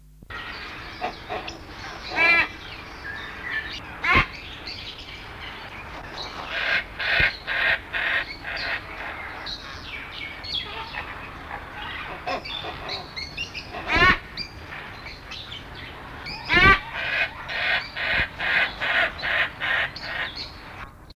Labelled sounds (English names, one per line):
Black-and-white-casqued Hornbill call